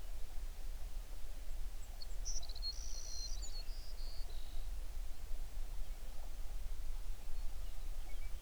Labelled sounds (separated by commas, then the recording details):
songbird
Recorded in the Prudhoe Bay oil fields, Alaska, on 11 June 2019 at 05:32
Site 21